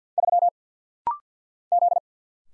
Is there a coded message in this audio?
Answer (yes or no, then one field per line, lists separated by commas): yes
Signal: Morse code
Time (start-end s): 0.2-2.0 s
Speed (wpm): 50 wpm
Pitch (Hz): 700 Hz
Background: none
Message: 3 Z